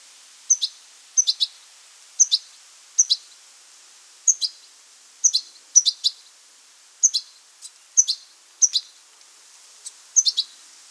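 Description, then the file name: European goldfinch: repeated high, sharp twittering calls in quick doublets and triplets, irregularly spaced throughout, with faint background hiss. "Carduelis carduelis"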